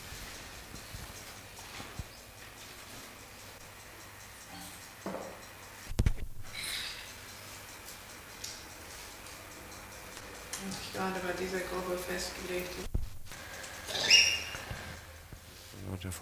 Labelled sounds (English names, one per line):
Ring-tailed Lemur call